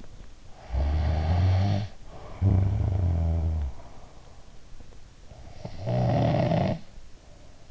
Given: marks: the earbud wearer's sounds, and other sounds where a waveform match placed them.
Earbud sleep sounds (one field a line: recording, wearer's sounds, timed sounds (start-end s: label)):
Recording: sounds in sleep by an in-ear microphone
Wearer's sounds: snoring breath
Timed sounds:
0.67-3.85 s: snoring breath
5.58-7.71 s: snoring breath